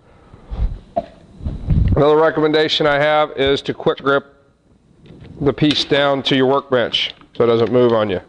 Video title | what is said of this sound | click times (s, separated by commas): Simple Bookshelf P2 | and you want it to snap you want it to lock into place | 1.0 s